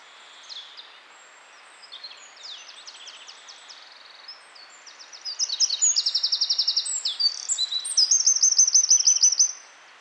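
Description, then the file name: Eurasian wren song, a rapid run of high, sharply pulsed trills and twittering notes that grows louder and more rattling in the second half. "Troglodytes troglodytes"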